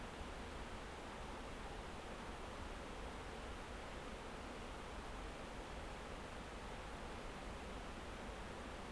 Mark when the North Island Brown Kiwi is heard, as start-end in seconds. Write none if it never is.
none